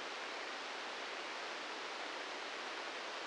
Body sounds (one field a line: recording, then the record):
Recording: brain microelectrode recording played as sound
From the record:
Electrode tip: inside the subthalamic nucleus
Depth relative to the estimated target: -6 mm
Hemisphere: left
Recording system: NeuroSet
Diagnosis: Parkinson's disease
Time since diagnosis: 13 years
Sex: male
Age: 66 years